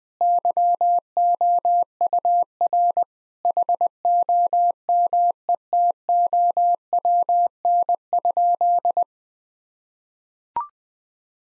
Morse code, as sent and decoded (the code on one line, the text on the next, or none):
-.-- --- ..- .-. / .... --- -- . - --- .-- -. ..--..
YOUR HOMETOWN?